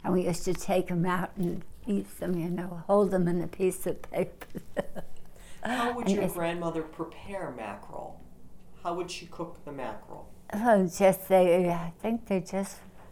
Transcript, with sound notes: And we used to take them out and eat them, you know, hold them in a piece of paper. (she laughs)
How would your grandmother prepare mackerel? How would she cook the mackerel?
Oh, just, I think they just